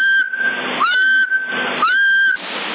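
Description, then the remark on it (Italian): A loud whistle carried over a CB radio channel in Sassari, June 2020: steady held tones broken by two quick upward swoops, all wrapped in a constant hiss of band-limited static. “Così dovrei pompare un po' di più col fischio.”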